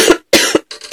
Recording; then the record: coughing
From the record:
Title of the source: 55 gaggy wet cough